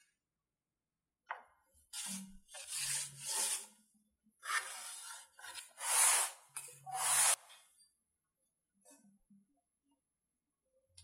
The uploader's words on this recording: DIY Shorts: Fretboard Works [ASMR]. Follow the process of the shaping, marking of fret positions and cut to length!